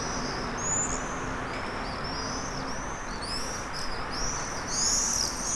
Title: Staré Mesto, Slovenská republika - common swifts